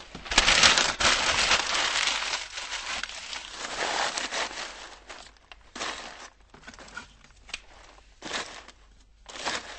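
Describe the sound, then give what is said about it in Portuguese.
A crackling fireplace fire, starting as a dense, steady crackle and thinning into scattered pops and snaps, moderately loud and with no voices. “Ora, vamos lá acender a nossa lareira.”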